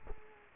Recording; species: mosquito wingbeat signal from an infrared sensor; Culex quinquefasciatus